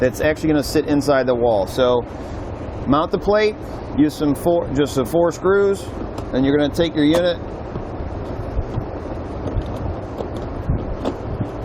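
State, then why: Not seated. Someone talks while handling the plastic-housed control panel of a Redarc Battery Manager30 battery management system in a 2018 Forest River Salem Hemisphere, readying it to press onto its wall mounting plate, which is fixed with four screws. Faint handling noise follows the talk, with a brief sharp hit near 10.2 s. The panel has not snapped or seated onto the plate yet.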